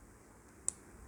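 A plastic battery pack is pressed into a DJI Osmo Action camera body, and a single sharp, loud click sounds at 0.7 seconds as it locks in, hiding the orange lock. Before and after the click there is only quiet background noise, and the battery is seated.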